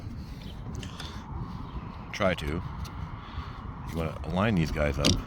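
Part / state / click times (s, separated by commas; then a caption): rear wiper blade onto wiper arm / not seated / none. A rear wiper blade for a 2021–2025 Chrysler Pacifica is lined up on the wiper arm's straight notch before being pushed home, and someone talks. Only small handling sounds are heard, with faint ticks around 0.8 s and 1.0 s. Nothing has seated or clicked yet.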